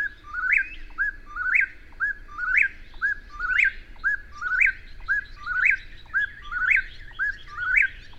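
Bird song: a short phrase of rising whistled notes ending in a sharp upslur, repeated about once per second, steady and regular throughout.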